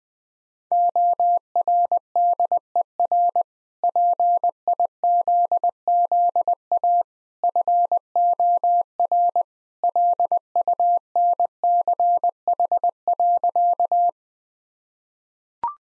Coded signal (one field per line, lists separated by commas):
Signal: Morse code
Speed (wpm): 20 wpm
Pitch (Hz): 700 Hz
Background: none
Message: ORDER PIZZA FOR LUNCH.